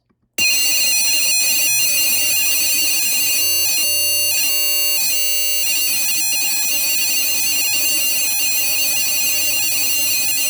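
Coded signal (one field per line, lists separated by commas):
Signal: data over sound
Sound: rapid warbling two-tone chirping over loud hiss, with brief pauses between packets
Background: background hiss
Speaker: I'm able to transfer this binary file over to the receiver just using sound waves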